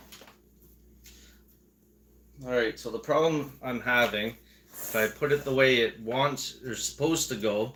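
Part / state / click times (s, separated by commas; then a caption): plastic seesaw tabs into mating seesaw part / not seated / none. Plastic tabs on a seesaw obstacle for RC crawlers are pushed into the mating seesaw part the intended way, but they overlap and won't latch in. After faint handling noise in the first two seconds, someone talks through the rest of the clip. Nothing has seated or clicked yet.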